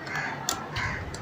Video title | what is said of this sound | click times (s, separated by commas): Drilling machine repair | இப்போ once drill beat போட்டால் கரெக்டாக லாக் ஆகுதுன்னு செக் பண்ணிக்கலாம். | 0.5 s